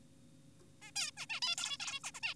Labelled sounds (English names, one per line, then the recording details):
Zebra Finch
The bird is an adult
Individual g4p5U